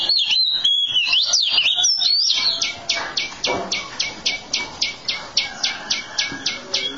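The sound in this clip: Oriental magpie-robin song, opening with a fast warbling whistle, then a sharp metallic note repeated about three to four times per second.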